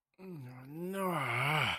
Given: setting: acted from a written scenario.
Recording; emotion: vocal sound without words; guilt